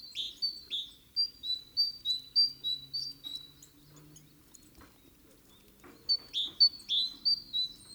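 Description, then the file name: Great tit uttering a steady series of high, bright chirps at an even pace, then a pause, then another short burst of similar notes. "Parus major"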